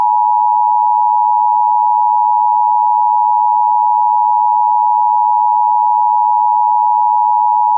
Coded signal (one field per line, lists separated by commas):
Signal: Emergency Alert System (SAME) tones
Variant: 853 and 960 Hz attention tone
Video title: EAS mock natural disaster senario #1: Asteroid Warning